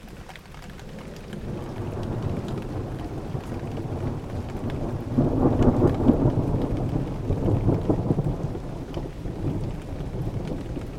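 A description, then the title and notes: Thunder rumbles low and long over steady rain, swelling from a quiet start to a fuller roll around five seconds before easing slightly. It's a summer evening in a Dorset coomb near the coast. The shadows are long but the dusky sun will be short-lived as clouds threaten. Recorded by Kevin Parr. The thrilling rumble of a storm rising over Dorset.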